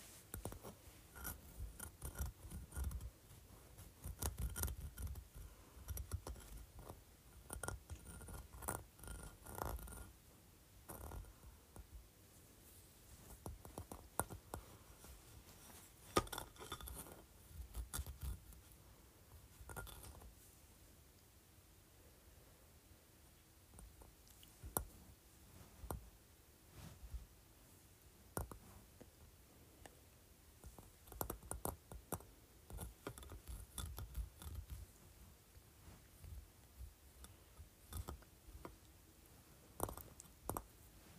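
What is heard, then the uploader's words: Fingernails run across grooved surfaces, making bursts of dry scratching and clicking that come and go in uneven strokes. The sound is fairly bright, with sharp ticks and brief clinks scattered throughout, separated by short quiet gaps and a faint low rumble. ASMR Running Nails Across Grooves.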